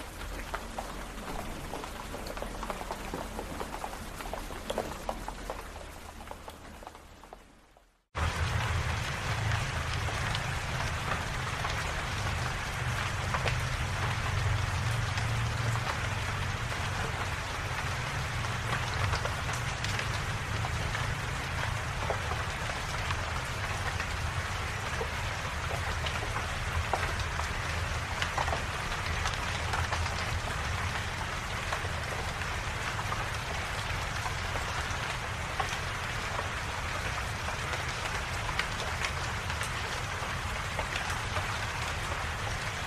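Steady rain pattering on a surface, a soft dense hiss at first that fades out to a brief silence around eight seconds. The rain then returns louder, a thick even patter over a low rumble that holds without change to the end.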